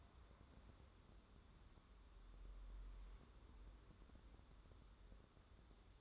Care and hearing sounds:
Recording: daily activity, microphone in the room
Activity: wipe stove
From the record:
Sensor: 3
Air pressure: 1015.0 hPa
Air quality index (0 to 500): 56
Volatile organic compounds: 1 ppm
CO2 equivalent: 722 ppm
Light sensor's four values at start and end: 15/38/15/16 and 15/38/15/16

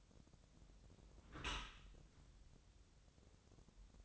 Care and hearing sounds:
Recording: daily activity, microphone in the room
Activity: close dishwasher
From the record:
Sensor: 3

